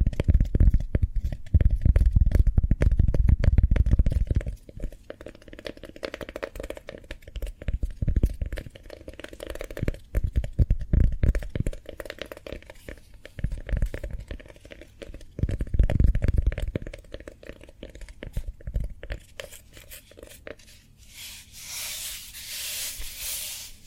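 Cork triggers: dense, irregular crunching and scraping taps that crowd together, with heavy low thumps and rubbing in the first five seconds and again around fifteen to seventeen seconds. Near the end the handling thins out into a bright, hissy rustle.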